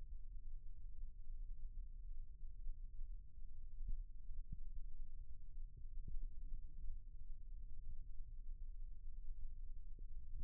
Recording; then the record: forearm muscle sounds (acoustic myography)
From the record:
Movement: rest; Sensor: system 1, eight BSWA MPA416 microphones around the upper forearm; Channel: 8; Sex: male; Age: 21 years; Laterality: right